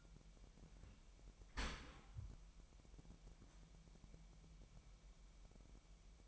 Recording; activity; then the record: daily activity, microphone in the room; open dishwasher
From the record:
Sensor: 1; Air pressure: 998.4 hPa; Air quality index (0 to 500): 138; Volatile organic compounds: 4 ppm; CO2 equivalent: 1652 ppm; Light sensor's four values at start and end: 16/55/22/22 and 16/55/22/22